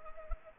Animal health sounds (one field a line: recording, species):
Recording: mosquito wingbeat signal from an infrared sensor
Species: Anopheles arabiensis